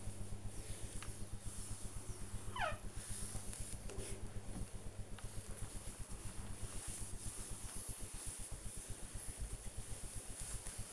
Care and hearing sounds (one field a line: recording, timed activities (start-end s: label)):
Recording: household activities, microphone on the right wrist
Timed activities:
0.00-10.93 s: window cleaning